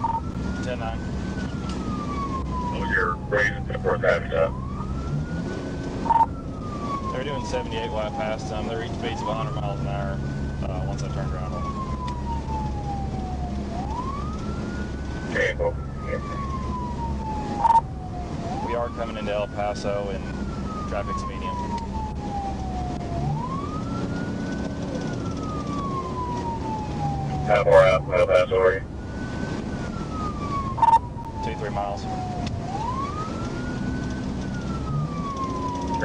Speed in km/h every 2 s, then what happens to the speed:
124, 126, 130, 132, 132, 134, 134, 134, 130, 129, 129, 130, 135, 132, 130, 126, 127, 130.
0-9 speeds up to 134. 9-20 steady at about 130. 20-25 speeds up to 135. 25-30 slows to 126. 30-36 steady at about 127.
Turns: none.